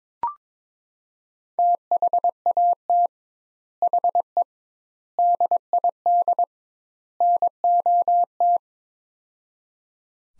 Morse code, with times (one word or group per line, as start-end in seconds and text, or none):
1.6-3.1 THAT
3.8-4.4 HE
5.2-6.4 DID
7.2-8.6 NOT